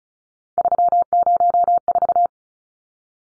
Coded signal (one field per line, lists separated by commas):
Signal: Morse code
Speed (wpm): 34 wpm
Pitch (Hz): 700 Hz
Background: none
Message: 304